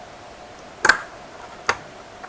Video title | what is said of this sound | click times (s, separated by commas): ASUS X507U замена жесткого диска (HDD) на SSD. hdd replacement | крепится до щелчка вот он держится все на месте | 1.7 s